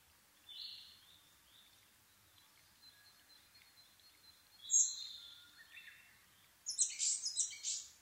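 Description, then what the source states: Asian brown flycatcher song: faint thin whistles building to a sharp high note, then a loud burst of rapid twittering at the end. Nikko, Japan, 26 April 2011 at 4:39, 730 m altitude; recorded on a Sony PCM-D50 with Panasonic WM-61A microphone.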